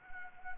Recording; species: mosquito wingbeat signal from an infrared sensor; Anopheles gambiae